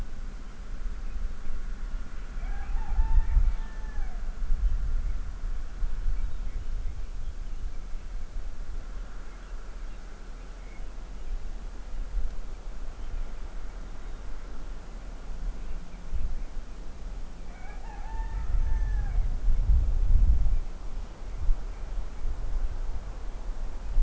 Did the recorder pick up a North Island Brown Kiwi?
no